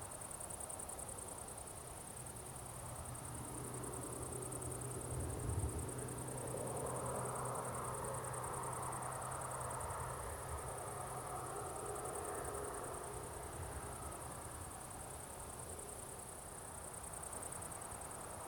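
Crickets chirp steadily across an evening meadow, a dense, high, unbroken shimmer that holds for the whole recording. Beneath it, a distant road rumbles low, swelling gently in the middle as traffic passes far off, with a faint hum and light wind.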